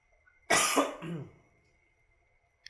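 A harsh, raspy cough bursts out loudly, followed by a shorter, throatier second cough, then near silence with no talking.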